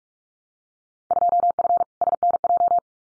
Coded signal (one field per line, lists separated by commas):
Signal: Morse code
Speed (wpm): 44 wpm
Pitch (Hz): 700 Hz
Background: none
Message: 2F SNJ